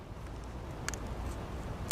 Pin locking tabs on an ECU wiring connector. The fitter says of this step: Just push these 2 tabs back down. It's locked into place. It's pinned.